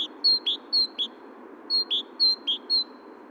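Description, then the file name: Great tit with sharp high two-note whistles, alternating pitch in quick repeated pairs, broken by a short gap midway. "Parus major"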